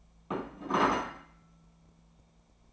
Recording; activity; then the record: daily activity, microphone in the room; place plate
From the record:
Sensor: 1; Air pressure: 1000.2 hPa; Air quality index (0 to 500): 142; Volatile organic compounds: 3 ppm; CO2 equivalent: 1338 ppm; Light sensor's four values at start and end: 29/73/31/37 and 29/73/31/37